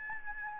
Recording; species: mosquito wingbeat signal from an infrared sensor; Aedes albopictus